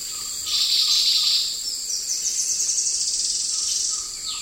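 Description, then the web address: Chestnut-shouldered antwren calling: a high buzzy trill, then a quick run of sharp, evenly spaced notes, over a steady high insect drone. Recorded in the eastern lowlands of South America. "Natures Songs S America Eastern Lowlands. Chestnut-shouldered Antwren"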